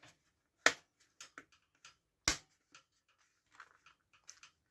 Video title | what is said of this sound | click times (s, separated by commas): 42. Faucon Millenium N° 66 | C'est normal, ça se clipse. On entend ces petits bruits. | 0.7 s, 2.3 s